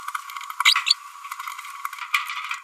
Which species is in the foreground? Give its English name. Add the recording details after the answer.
Green-rumped Parrotlet. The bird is a female. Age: 32 days. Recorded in a nest box in Venezuela. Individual 17B102A5